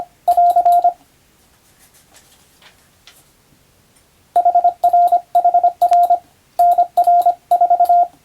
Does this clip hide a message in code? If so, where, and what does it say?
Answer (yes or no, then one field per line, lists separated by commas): yes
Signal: Morse code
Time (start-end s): 0.3-8.0 s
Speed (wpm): 25 wpm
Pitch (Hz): 700 Hz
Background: none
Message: <AR> HRHR NR4